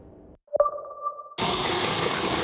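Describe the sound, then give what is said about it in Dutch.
A brief low hum and a bright, ringing two-tone ping give way to a loud, dense, steady din of noise inside a livestock factory farm in which the pension fund ABP invests, with no talking. “Zo klinkt het in de V-fabrieken waarin pensioenfonds ABP investeert.”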